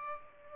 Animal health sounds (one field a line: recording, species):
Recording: mosquito wingbeat signal from an infrared sensor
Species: Aedes aegypti